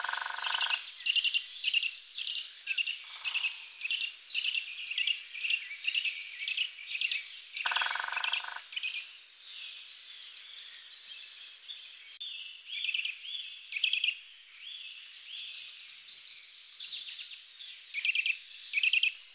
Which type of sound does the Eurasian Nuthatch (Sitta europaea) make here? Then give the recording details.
song. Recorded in the wild. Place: Lilienhof / Kaiserstuhl, Baden-Württemberg, DE. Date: 2000-03-19. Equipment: MiniDisc Sharp MT 20 H. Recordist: Schwarz, Dieter. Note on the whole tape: Song